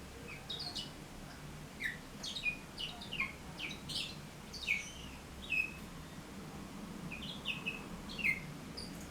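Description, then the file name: Bourke's parrot song: thin twitters and quick chirps mixed with clear down-slurred whistles at irregular intervals, with a faint steady hum underneath. "poet travyanoi rozovobryuxii popugai"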